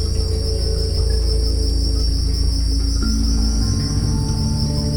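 Continuous high-pitched cricket chirping, even and unbroken, above soft low drones.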